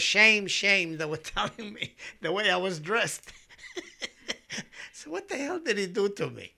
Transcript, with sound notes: "Shame, shame," they were telling me, the way I was dressed. ( he laughs ) I said, "What the hell did he do to me?"